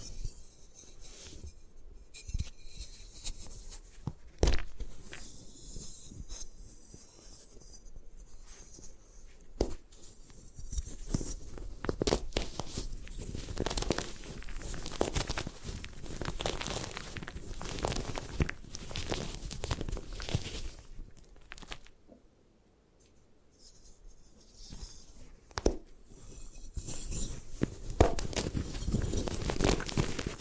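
Gym chalk is crushed and crumbled in a busy, uneven stream of crunching, scraping and crinkling sounds with frequent sharp cracks, around 4 and 10 seconds and again near 25. The activity stays dense throughout, easing briefly into a quieter patch around 22 seconds before resuming.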